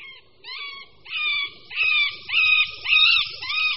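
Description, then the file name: Middle spotted woodpecker giving a series of nasal, squeaky quacking notes, several in a row, growing louder and repeated roughly every half second. "Strakapoud-prostřední"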